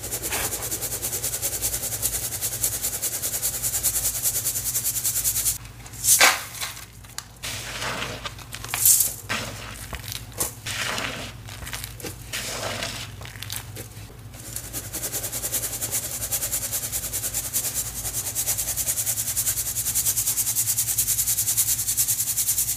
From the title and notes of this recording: Reforming my crispy green cornstarch crunchies. Cornstarch crunchies powder ASMR, including Rolling pin crushes, pebble crushes, sifting, and so much more.